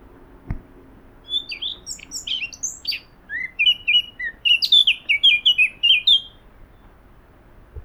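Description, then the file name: Eurasian blackcap song: a fast, varied warble of chattering and whistled notes, quickening into a run of short descending phrases, with one soft low thump near the start. "Sylvia atricapilla"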